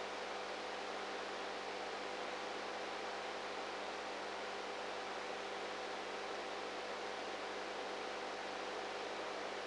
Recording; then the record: brain microelectrode recording played as sound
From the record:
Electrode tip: inside the subthalamic nucleus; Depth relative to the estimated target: -1 mm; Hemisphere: right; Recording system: NeuroSet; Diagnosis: Parkinson's disease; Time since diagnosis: 19 years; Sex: female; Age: 58 years